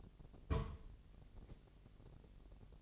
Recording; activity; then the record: daily activity, microphone in the room; place on stove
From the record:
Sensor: 4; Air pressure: 1000.1 hPa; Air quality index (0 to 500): 227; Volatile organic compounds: 29 ppm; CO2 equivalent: 2932 ppm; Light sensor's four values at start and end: 9/20/8/7 and 9/20/8/7